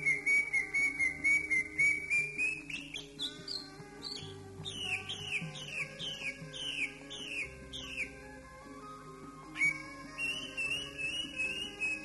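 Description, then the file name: Leafbird song: runs of whistled notes, then a series of quick downslurred whistles, then whistling again, over steady low background tones. "cucak ijo"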